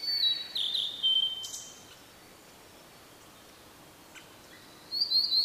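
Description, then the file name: Blue-and-white flycatcher gives a clear, high whistled phrase with sliding notes, falls silent for several seconds, then starts another phrase. "oruri"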